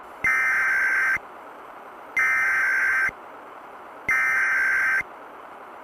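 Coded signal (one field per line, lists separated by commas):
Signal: Emergency Alert System (SAME) tones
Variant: header bursts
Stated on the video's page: Valid SAME tones in a fictional EAS scenario about a radioactive meteor impact.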